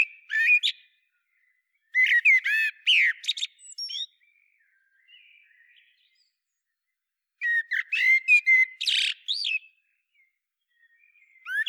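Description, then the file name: Common blackbird song: warbled phrases with thin, squeaky twittering, in several bursts with silent gaps between. "Turdus merula"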